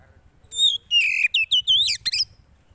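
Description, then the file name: Oriental magpie-robin song, a loud run of varied whistled and rasping notes, sliding and rising, in bursts over about two seconds. Song played to provoke a caged Oriental magpie-robin into an excited response. "Burung kacer anda langsung emosi dengar ini"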